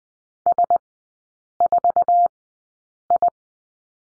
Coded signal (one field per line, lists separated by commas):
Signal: Morse code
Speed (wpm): 20 wpm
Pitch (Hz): 700 Hz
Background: none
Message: S4I